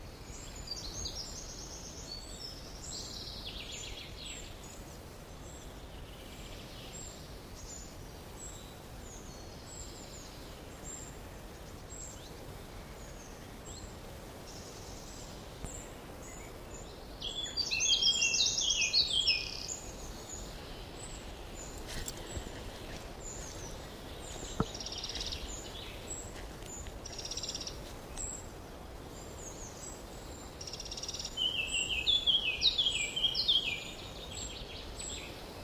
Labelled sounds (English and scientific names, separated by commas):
Eurasian Blackcap (Sylvia atricapilla) song